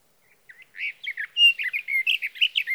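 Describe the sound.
Sage thrasher song: a rapid, continuous warble of varied short notes, some clear and whistled, others buzzy, rising in intensity after a quiet start.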